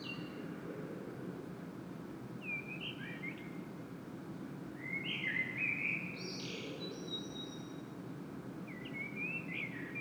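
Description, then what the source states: Common blackbird song, a few quieter whistled phrases with short twittered endings spaced throughout, over a steady low hum. Recorded in Saint-Gilles, Belgium, blackbird singing; made with a Sony PCM-M10 internal microphone.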